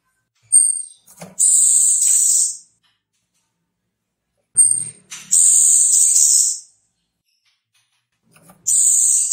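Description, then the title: Orange-headed thrush giving a sharp high chirp followed by a longer dense, buzzy high-pitched warble burst, the pattern repeating about every four seconds. Call types named 'cip' and 'brebetan'; known locally as Anis Merah. "Anis Merah Suara Cip & Brebetan"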